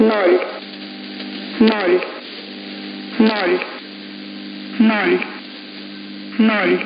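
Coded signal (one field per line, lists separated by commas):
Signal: numbers station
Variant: S06s, Russian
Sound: a woman's voice reading five short Russian number words, evenly spaced, over static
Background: radio static, hum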